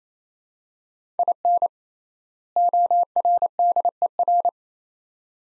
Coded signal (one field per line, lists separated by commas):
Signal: Morse code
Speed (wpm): 28 wpm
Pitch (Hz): 700 Hz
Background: none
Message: IN ORDER